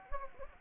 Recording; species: mosquito wingbeat signal from an infrared sensor; Anopheles gambiae